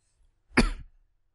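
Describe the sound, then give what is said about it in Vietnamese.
A single harsh, raspy cough burst with a throaty clearing quality, loud and abrupt, lasting under half a second before trailing off into quiet, with no talking. “Mọi người thông cảm nhé, ho quá.”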